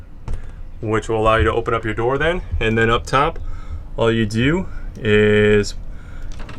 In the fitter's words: a little pressure on the upper half of the door that snaps in and then